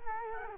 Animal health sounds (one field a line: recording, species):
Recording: mosquito wingbeat signal from an infrared sensor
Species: Culex quinquefasciatus